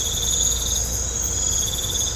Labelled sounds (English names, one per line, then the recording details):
none
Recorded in pastures near Puerto Asís, Putumayo, Colombia, on 16 December 2024 at 23:00
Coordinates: 0.502, -76.324
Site G077